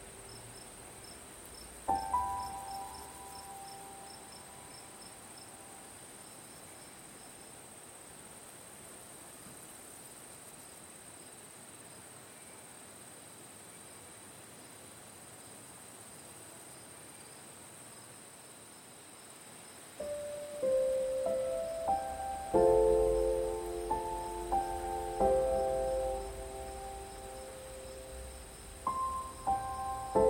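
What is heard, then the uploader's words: Soft crickets chirp steadily through the whole half minute, a thin high trill behind everything. A few gentle piano notes ring out near two seconds and fade; after a long quiet stretch, piano returns around twenty seconds with fuller, overlapping chords to the end. Night Nature Sounds_ Soft Crickets, Beautiful Piano.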